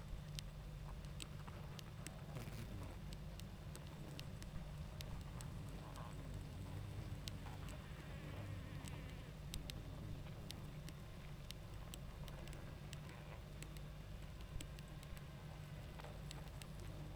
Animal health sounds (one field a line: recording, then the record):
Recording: honeybee colony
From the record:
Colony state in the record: active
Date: 28 July 2017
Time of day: 20:40